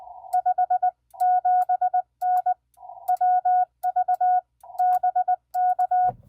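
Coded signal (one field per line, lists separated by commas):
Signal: Morse code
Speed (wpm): 19 wpm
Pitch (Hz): 730 Hz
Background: none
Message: 57N WV BK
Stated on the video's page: QRP CW on 40 meters, sent with a paddle with some mistakes, during POTA and TOTA activations using a mag-mount hamstick, with heavy man-made interference.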